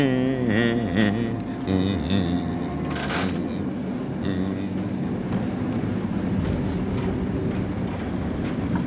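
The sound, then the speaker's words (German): A tram approaches late at night, rumbling along steadily, its electric motor whining in wavering, shifting tones over a continuous loud roar, with a brief hiss of brakes or air partway through. “Sieh doch mal, du, da kommt noch eine Straßenbahn.”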